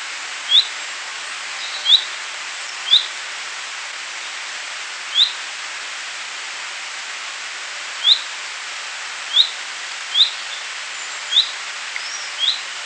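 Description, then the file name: Common chaffinch calls: short, sharp single notes given at uneven intervals, about nine in all, over a steady background hiss. "Fringilla coelebs"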